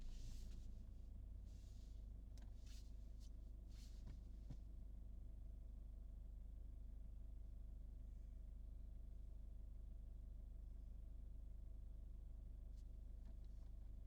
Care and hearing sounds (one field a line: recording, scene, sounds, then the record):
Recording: everyday scene through a hearing-aid microphone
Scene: in a vehicle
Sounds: engine idling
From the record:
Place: Berlingo II, diesel engine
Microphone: in the ear canal, right